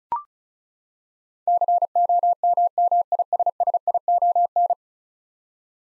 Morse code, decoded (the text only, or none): COMMISSION